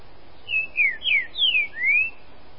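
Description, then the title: Green-winged saltator song: a single phrase of five clear, slurred whistles, some falling and some rising, over a quiet background. "Trinca Ferro"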